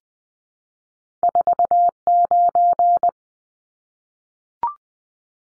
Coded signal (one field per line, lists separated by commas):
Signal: Morse code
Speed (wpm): 20 wpm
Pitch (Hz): 700 Hz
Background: none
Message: 49